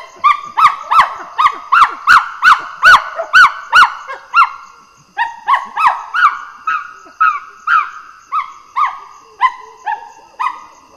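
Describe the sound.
Common chimpanzee screaming loudly in a fast, repeated series of harsh, high, harmonic calls, with a short pause midway.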